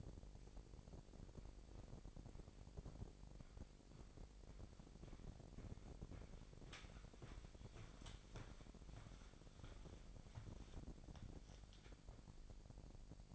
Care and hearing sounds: daily activity, microphone in the room; walk to room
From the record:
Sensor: 5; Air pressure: 1012.3 hPa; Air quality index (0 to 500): 240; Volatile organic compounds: 4 ppm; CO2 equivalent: 1591 ppm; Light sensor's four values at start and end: 56/132/55/58 and 54/125/53/56

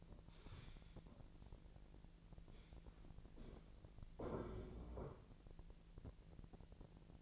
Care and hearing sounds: daily activity, microphone in the room; stand up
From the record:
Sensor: 5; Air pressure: 1002.1 hPa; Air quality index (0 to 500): 246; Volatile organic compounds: 29 ppm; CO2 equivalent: 2944 ppm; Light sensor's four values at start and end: 43/103/43/46 and 43/103/43/47

